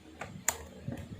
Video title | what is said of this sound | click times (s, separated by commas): Sniper Rifle VSR 10 | I-click, so it's locked into place. | 0.5 s